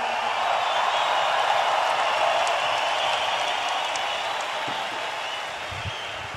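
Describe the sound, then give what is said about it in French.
A large crowd of fans cheers and applauds after the team thanks them for their support through the year, ahead of the playoffs, in a steady, dense roar that holds loud for the whole stretch, tapering only slightly near the end, with no clear voices standing out. “La réaction de la foule.”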